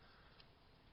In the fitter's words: press in right here you'll kind of hear it snap and then you can pull this out